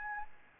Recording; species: mosquito wingbeat signal from an infrared sensor; Aedes albopictus